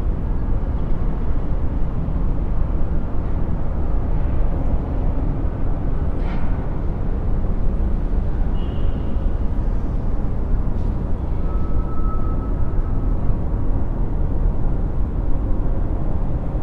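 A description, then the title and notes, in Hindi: Sounds from a skyline: a dense, steady rumble of city traffic stays heavy and low throughout. Brief brighter sounds break through, a short clatter near six seconds, a thin high tone around eight and a half seconds, and a longer whistle-like tone from about eleven to thirteen seconds. डेल्टा बाइनॉरल बीट्स के साथ स्काइलाइन से आवाज़ें.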